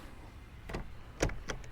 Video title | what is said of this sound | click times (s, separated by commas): Yakhacker Double Header Paddle Holder** Review** | snap right in there. | 1.5 s